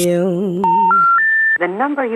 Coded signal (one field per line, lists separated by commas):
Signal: telephone call progress tone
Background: speech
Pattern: special information tone